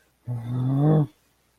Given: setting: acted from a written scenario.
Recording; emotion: vocal sound without words; anger